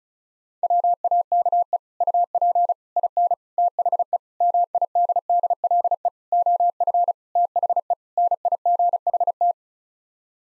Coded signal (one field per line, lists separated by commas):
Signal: Morse code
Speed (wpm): 34 wpm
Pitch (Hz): 700 Hz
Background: none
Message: WAKE UP IN THE MIDDLE OF THE NIGHT